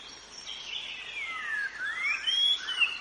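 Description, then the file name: White-rumped shama song: sweet, sliding whistles rising and falling through a short, flowing phrase, with soft chatter behind it. Forest shama (murai batu hutan); in forest. "suara muraibatu hutan omkicau"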